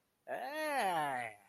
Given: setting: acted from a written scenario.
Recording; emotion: vocal sound without words; disgust